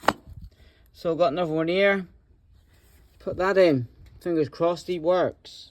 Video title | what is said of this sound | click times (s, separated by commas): VW Beetle 1972 check out the oil leaks plus starter motor woes !! | looks fa new really but you heard to click in | 0.1 s